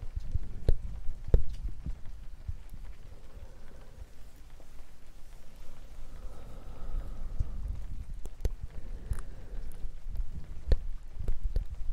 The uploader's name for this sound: subtle and gentle tapping sounds in the rain w bassy breathy whispers and more